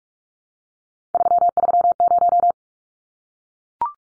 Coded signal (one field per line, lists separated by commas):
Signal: Morse code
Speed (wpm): 44 wpm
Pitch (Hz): 700 Hz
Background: none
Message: 330